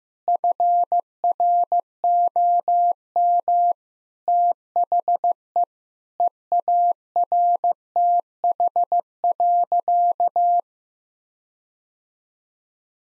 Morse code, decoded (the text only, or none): FROM THE EARTH.